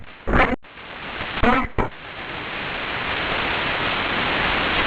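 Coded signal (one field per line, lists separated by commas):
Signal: numbers station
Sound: three brief spoken syllables or words over loud hiss, then static only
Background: radio static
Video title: 5411kHz 7/26/26 20:00:00 UTC Possible G12 Number Station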